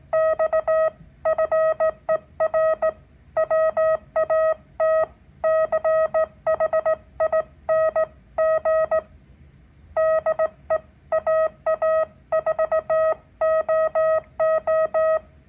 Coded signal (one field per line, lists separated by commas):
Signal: Morse code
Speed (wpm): 17 wpm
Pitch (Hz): 640 Hz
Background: none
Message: X FER WATCHING DE AA4OO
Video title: Morse Code Practice Oscillator